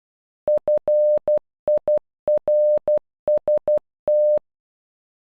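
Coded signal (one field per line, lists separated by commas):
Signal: Morse code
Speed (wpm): 12 wpm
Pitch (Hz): 600 Hz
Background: none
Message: FIRST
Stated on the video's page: Morse for the word "First" made with an online translator tool, played at normal and half speed.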